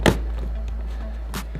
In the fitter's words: They say just put it on until you hear a little click,